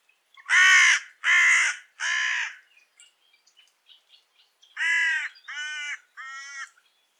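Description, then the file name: Carrion crow uttering three loud raspy caws, a short gap with faint softer notes, then three further slightly weaker caws. "Corvus corone"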